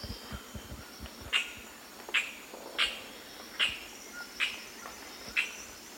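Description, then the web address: Amazon kingfisher uttering crisp, scratchy tick notes at a steady pace of a little over one per second, with continuous insect buzzing behind. Recorded in the eastern lowlands of South America. "Natures Songs S America Eastern Lowlands. Amazon Kingfisher"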